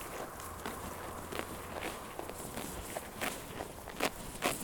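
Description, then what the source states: Sheep chewing with crunching bites, a few sharper clicks near the end, and a faint low hum early on. Sheep chewing grass.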